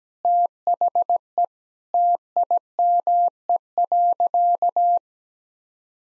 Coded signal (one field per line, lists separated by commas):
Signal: Morse code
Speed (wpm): 17 wpm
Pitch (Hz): 700 Hz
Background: none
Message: THE TIME.